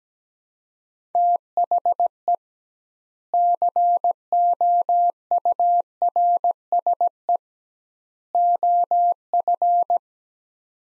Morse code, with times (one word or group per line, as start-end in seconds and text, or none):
1.1-2.4 THE
3.3-7.4 COURSE
8.3-10.0 OF